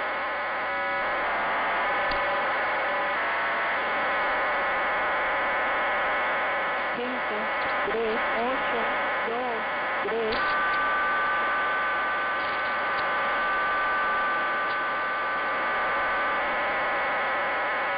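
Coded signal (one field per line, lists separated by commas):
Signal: numbers station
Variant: HM01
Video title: 07 01 2022 Cuban Spy Number HM01 in Spanish 0602 on 10345 Bejucal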